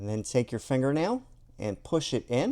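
A microSD card is being handled at the spring-loaded card slot of a 70mai dash cam, about to be pushed in with a fingernail, while someone talks throughout. Nothing has seated or clicked yet; the clip ends before the card goes home.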